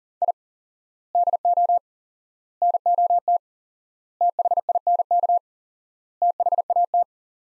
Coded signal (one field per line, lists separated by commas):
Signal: Morse code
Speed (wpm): 37 wpm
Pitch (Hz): 700 Hz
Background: none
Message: I DO NOT THINK THAT